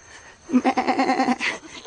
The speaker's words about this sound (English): What is that? Sounds like... It is. A goat. It's a goat.